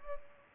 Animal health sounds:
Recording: mosquito wingbeat signal from an infrared sensor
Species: Culex pipiens

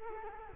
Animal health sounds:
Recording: mosquito wingbeat signal from an infrared sensor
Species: Culex quinquefasciatus

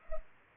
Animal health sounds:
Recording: mosquito wingbeat signal from an infrared sensor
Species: Culex pipiens

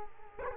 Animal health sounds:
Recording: mosquito wingbeat signal from an infrared sensor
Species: Culex quinquefasciatus

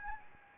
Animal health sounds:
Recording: mosquito wingbeat signal from an infrared sensor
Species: Anopheles gambiae

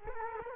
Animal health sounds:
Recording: mosquito wingbeat signal from an infrared sensor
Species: Culex quinquefasciatus

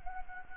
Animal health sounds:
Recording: mosquito wingbeat signal from an infrared sensor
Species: Anopheles gambiae

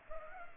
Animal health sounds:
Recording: mosquito wingbeat signal from an infrared sensor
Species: Culex pipiens

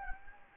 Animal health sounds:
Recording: mosquito wingbeat signal from an infrared sensor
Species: Anopheles gambiae

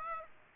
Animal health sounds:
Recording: mosquito wingbeat signal from an infrared sensor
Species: Aedes aegypti

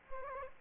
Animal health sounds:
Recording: mosquito wingbeat signal from an infrared sensor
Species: Aedes aegypti

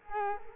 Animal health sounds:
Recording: mosquito wingbeat signal from an infrared sensor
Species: Culex quinquefasciatus

